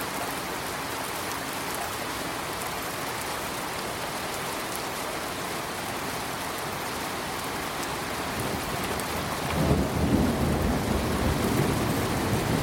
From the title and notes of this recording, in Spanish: El Caer de la Lluvia. Sonido de la Lluvia.